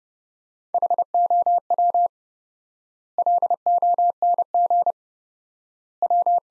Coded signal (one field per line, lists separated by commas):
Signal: Morse code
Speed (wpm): 30 wpm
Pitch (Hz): 700 Hz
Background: none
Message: HOW LONG W